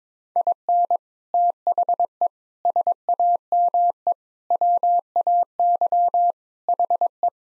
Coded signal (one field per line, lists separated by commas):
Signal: Morse code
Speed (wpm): 22 wpm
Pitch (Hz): 700 Hz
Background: none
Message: IN THE SAME WAY HE